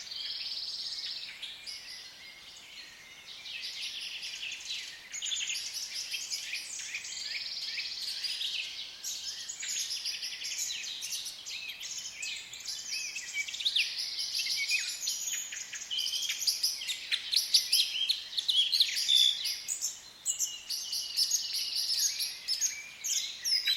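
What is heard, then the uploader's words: Birds sing in the woods, a dense, continuous chorus of high chirps and trills overlapping throughout, with no low sounds beneath. Birds Singing in the Woods.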